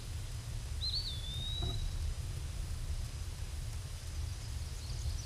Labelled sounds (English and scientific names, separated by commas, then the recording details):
Eastern Wood-Pewee (Contopus virens) song
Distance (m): 20 m
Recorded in a Pennsylvania forest on 18 May 2023 at 13:30
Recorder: AudioMoth, point grid1_19_low
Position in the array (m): 123 m, 203 m